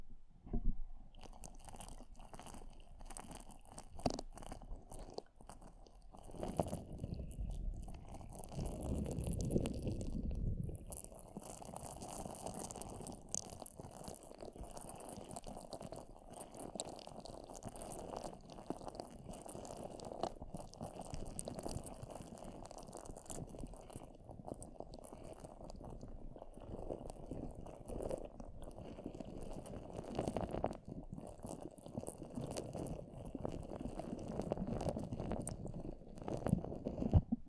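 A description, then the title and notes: Slime squished on a microphone gives constant wet crackling and squelching, with a low rumbling sweep near ten seconds and dense clicks throughout. ASMR SLIME ON THE MICROPHONE (SUPER TINGLY).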